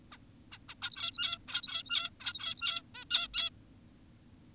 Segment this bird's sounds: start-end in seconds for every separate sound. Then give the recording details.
0.12-0.18, 0.52-0.58, 0.69-0.74, 0.82-1.38, 1.48-2.10, 2.20-2.82, 2.95-3.05, 3.11-3.28, 3.34-3.50. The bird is an adult. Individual g17y2U